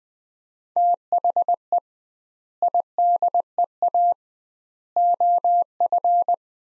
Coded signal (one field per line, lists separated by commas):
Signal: Morse code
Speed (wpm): 21 wpm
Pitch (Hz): 700 Hz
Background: none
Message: THE IDEA OF